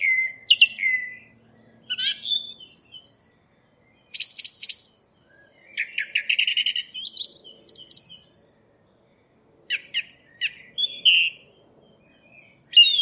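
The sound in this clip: Song thrush singing varied, separate phrases of sharp chirps, squeaky whistles and scratchy notes, each burst followed by a short pause.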